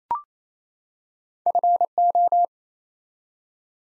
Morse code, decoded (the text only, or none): FO